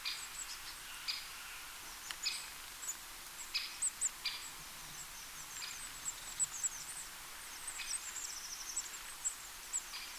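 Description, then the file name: Eurasian blue tit calls: short buzzy, scratchy bursts repeated at irregular intervals, with thin high notes scattered above. "Cyanistes caeruleus"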